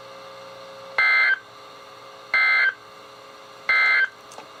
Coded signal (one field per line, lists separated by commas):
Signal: Emergency Alert System (SAME) tones